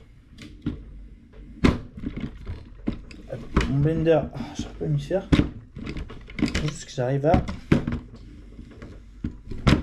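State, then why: Not seated. A plastic blender jar is being fitted onto its motor base and worked at to lock it in place, with short knocks and handling sounds throughout while someone talks. Nothing has seated or clicked yet; the clip ends just before the jar goes home.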